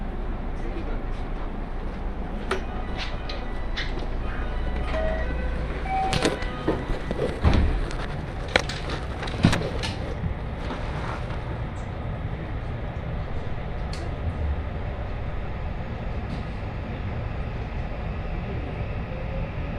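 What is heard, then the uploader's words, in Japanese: A steady low rumble from an Osaka Loop Line train runs the whole way through. Between about 2 and 10 seconds, sharp clacks and knocks come in clusters alongside a few brief thin squeals, then the rumble settles into an even drone with occasional ticks. 耳で楽しむ鉄道旅 ＪＲ難波→新今宮→京橋→鴫野。大阪環状線の内回り電車に乗り換えて京橋に向かいます。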